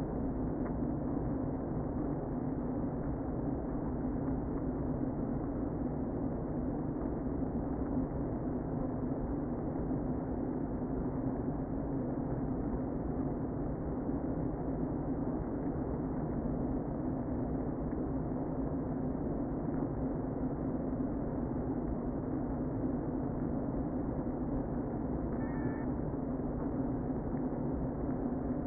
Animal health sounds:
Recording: honeybee colony, microphone inside the hive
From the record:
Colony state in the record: queen present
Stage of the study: before two queens were removed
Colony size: about 60,000 bees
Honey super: yes

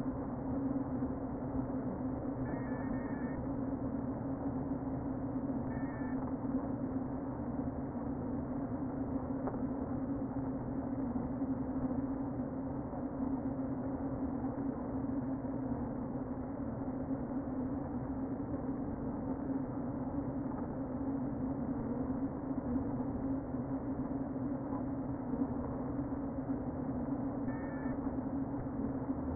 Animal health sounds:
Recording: honeybee colony, microphone inside the hive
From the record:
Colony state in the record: queen present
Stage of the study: before two queens were removed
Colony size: about 60,000 bees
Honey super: yes

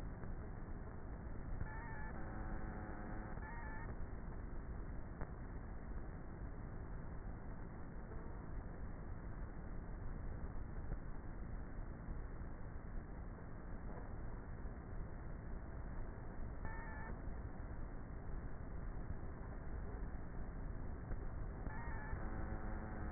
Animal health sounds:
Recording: honeybee colony, microphone inside the hive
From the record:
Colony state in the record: queenless with a low population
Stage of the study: before two queens were removed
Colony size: about 30,000 bees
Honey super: no

